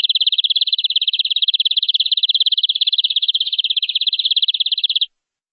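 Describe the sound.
Canary singing one sustained, fast, rattling trill of evenly repeated high notes for about five seconds before stopping.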